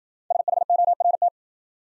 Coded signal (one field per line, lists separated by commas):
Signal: Morse code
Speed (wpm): 53 wpm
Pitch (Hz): 700 Hz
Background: none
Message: SHORT